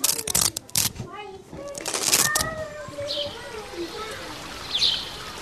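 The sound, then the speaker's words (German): A girl repeatedly presses two velcro strips together and rips them apart with a swing, in quick, harsh, crackling bursts, each tearing sound loud and short, followed by quieter wavering high-pitched tones and faint rustling. “Mit erstaunlich kräftigen Händen und einem seligen Lächeln drückt das Mädchen immer wieder die beiden Klettbänder zusammen, um sie mit Schwung auseinanderreißen zu können.”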